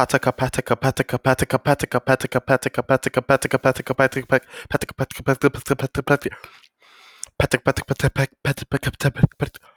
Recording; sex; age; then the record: repeated syllables /pa ta ka/; male; 20 to 29 years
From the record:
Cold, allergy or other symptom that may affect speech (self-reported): no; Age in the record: 21 years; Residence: Texas, United States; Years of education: 15